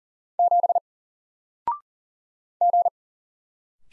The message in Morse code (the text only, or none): 7 G